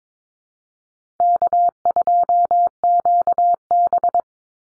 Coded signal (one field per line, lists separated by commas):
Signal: Morse code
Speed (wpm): 22 wpm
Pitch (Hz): 700 Hz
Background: none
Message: K2QB